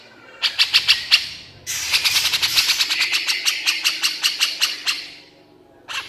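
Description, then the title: Horsfield's bush lark song: a short burst of harsh high notes, a brief pause, then a longer rapid series of buzzy chattering notes. Vigorous, full-voiced song (super gacor). "KICAUAN BRANJANGAN SUPER GACOR"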